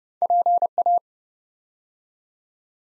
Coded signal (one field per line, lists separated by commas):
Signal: Morse code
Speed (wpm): 30 wpm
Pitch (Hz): 700 Hz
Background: none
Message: PA